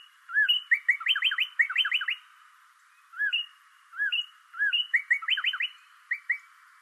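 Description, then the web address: Bird song with closely spaced phrases: arched whistles and rapid runs of buzzy sliding notes, repeated several times without long pauses. Recorded 26 March 2012. "sounds birds 2012 03 26 bird 01"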